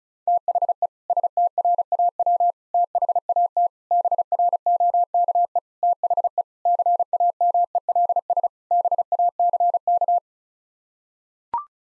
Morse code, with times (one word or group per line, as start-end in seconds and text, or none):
0.3-0.9 THE
1.1-2.5 STRAW
2.7-3.7 THAT
3.9-5.6 BROKE
5.8-6.4 THE
6.7-8.5 CAMELS
8.7-10.2 BACK